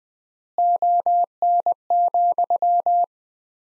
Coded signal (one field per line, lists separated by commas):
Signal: Morse code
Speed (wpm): 20 wpm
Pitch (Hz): 700 Hz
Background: none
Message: ON,